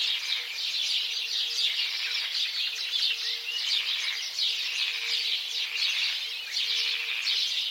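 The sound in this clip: House sparrow flock chattering in pulsing waves of rapid chirps, with a faint on-and-off low hum beneath.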